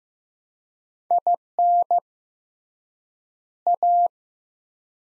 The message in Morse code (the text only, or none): IN A